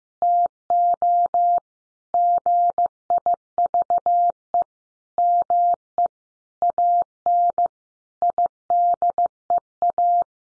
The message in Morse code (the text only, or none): TO GIVE ME AN IDEA